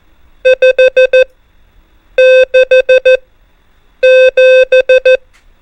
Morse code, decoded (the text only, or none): 5 6 7